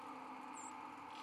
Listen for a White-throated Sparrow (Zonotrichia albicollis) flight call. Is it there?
yes